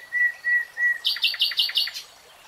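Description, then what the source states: Nightingale giving three clear whistled notes, then a quick run of six buzzy, rattling pulses. Nightingale singing, in a 3-hour real-time recording.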